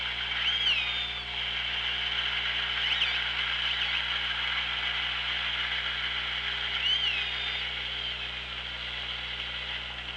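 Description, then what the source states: Orca calls underwater: three brief tonal calls spread across ten seconds, over a constant high hiss and a low steady hum. Hydrophone recording from OrcaLab, 24 August 2017, 16:17.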